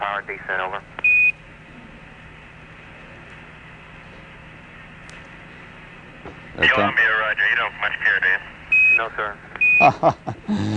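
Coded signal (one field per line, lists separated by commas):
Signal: Quindar tones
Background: speech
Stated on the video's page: Live CBS News broadcast of the Apollo 11 moon landing.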